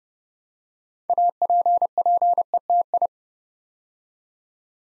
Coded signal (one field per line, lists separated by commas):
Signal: Morse code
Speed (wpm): 30 wpm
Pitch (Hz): 700 Hz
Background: none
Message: APPETI